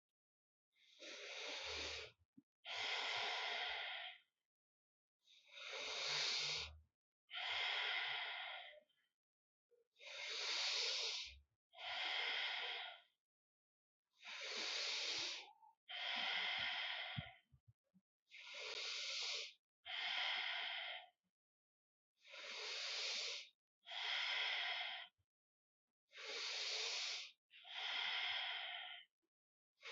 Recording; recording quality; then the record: deep breathing; excellent, no background noise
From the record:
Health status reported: healthy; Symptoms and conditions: hypertension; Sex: male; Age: 50 years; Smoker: not ticked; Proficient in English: yes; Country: India